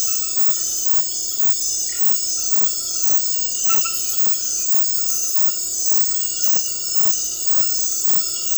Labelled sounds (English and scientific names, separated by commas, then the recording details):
none
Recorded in dense forest near Puerto Asís, Putumayo, Colombia, on 18 February 2024 at 00:00
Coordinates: 0.484, -76.317
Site G6464